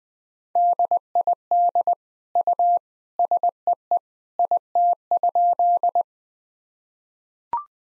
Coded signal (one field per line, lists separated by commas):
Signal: Morse code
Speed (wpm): 21 wpm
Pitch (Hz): 700 Hz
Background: none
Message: DID U SEE IT?